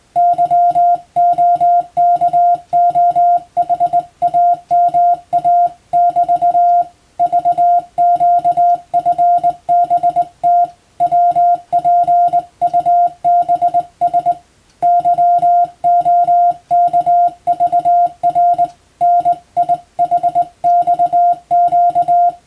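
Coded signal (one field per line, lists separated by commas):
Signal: Morse code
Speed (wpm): 21 wpm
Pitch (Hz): 700 Hz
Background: music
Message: YOKOHAMA <BT> VQFBT WPUBS YOKVR NIHXQ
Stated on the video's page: Morse practice recorded on the amateur bands by a first-class radiotelegraph operator, aimed at Japan's Morse exam.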